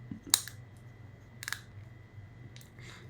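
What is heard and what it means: A part of a plastic transforming robot figure that had come out of line is lined up and pushed back into place, seating with a sharp click at 0.3 s. Fainter clicks and clacks follow near 0.5 s, around 1.4 to 1.5 s and at 2.6 s over a steady low hum. The part is back in, sounding a little rough but fine.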